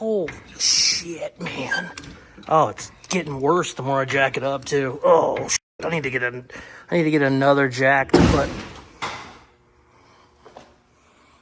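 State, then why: Not seated. Someone talks over the first nine seconds, then the door of an old, rusted Camaro is swung shut while the car is up on a jack, making a dull thud around 10.5 s. The door latch does not catch on the striker; nothing has latched or clicked.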